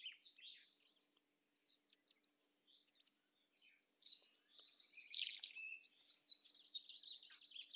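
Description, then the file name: European robin opening with scattered thin, high notes, then building into a loud, rich warble of rapid trills and sweeping high whistles. "Erithacus rubecula"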